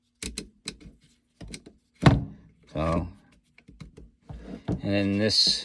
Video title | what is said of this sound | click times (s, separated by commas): G Force GF99 DLX 12 gauge | you just tighten it down. And you you're going to hear it click. | 0.4 s, 0.7 s